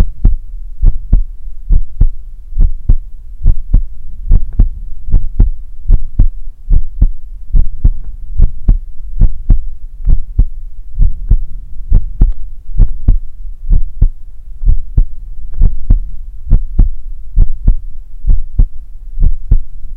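The steady heartbeat of an adult, low thudding beats at about 69 per minute.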